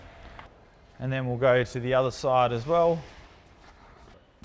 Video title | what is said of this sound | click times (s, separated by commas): Walking You Through The Features of a Lotus Trooper Caravan | slide our travel arms up locked in. | 0.4 s